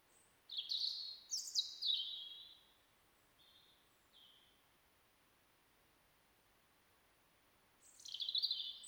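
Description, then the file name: European robin singing a sweet, high, tumbling phrase of varied whistles, a few soft notes, a long pause, then another shimmering phrase begins. "Erithacus rubecula"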